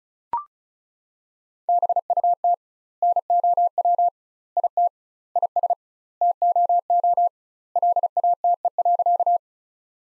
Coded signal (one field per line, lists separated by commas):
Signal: Morse code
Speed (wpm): 34 wpm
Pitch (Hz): 700 Hz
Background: none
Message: BUT NOW IT IS TOO LATE.